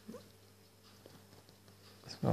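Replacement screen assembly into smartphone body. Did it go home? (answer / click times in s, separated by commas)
no / none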